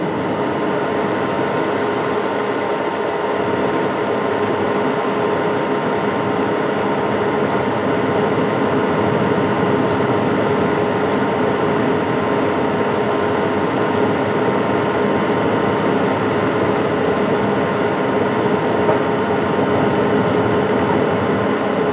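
A fan runs steadily for the whole stretch, a constant whooshing hum with a low motor drone underneath and a few fixed whining tones riding on top. The level never changes, and no other sounds break through.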